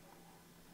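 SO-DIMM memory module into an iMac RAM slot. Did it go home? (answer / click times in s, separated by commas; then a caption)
no / none. A DDR3 SO-DIMM memory stick from OWC, teeth facing up and shorter part to the right, is being slid into the RAM compartment of a 2011 iMac during an upgrade from 8GB to 32GB. Only a steady low hum and faint handling noise are heard, with no sharp sounds. Nothing has seated or clicked yet.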